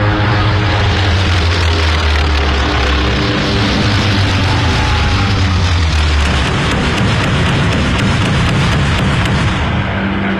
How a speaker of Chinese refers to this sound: 首先起飞的是第八鱼雷轰炸机中队。25岁的乔治·盖伊少尉驾驶飞机朝日军舰队俯冲了下去。